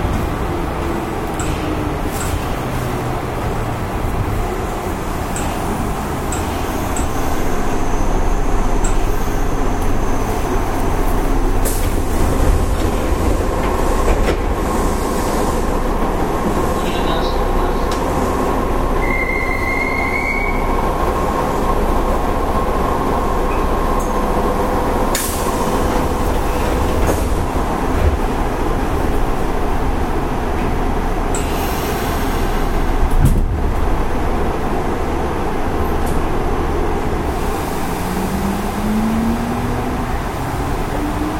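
A Nishitetsu 5000 series train runs with a steady low rumble and rattle, brief whines rising near twenty and thirty-eight seconds, and occasional clunks.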